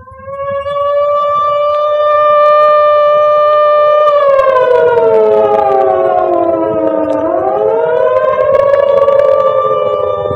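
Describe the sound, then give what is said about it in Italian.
An air raid siren being tested at ten o'clock wails steadily, holding a loud harmonic tone that dips and swoops in pitch before rising again, sounding alone without any voices. “Alle 10 si provano le sirene. Disturba se le risentiamo?”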